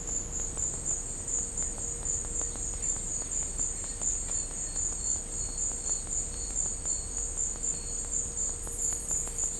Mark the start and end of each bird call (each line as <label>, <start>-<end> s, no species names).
bird call, 1.14-4.00 s